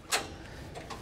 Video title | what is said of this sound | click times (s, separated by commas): Dell PowerEdge R730 - How To Rack a Server - Data Center Racking - Sliding Rails - Rackmount Server | right perfect when i push this you'll hear click in | 0.9 s